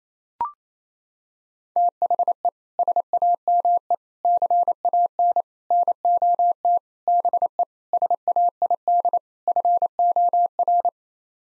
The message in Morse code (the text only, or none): THE SAME CAN NOT BE SAID FOR